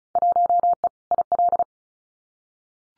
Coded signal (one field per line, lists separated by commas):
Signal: Morse code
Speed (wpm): 34 wpm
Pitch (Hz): 700 Hz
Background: none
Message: 1E IL